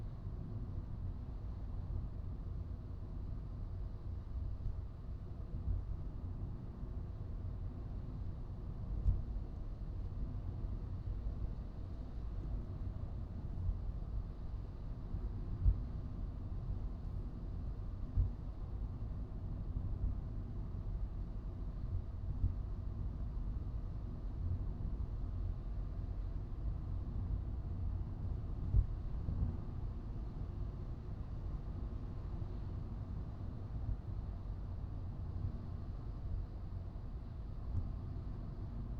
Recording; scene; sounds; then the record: everyday scene through a hearing-aid microphone; in a vehicle; engine, traffic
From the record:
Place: Skoda Fabia, gasoline engine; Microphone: in the ear canal, right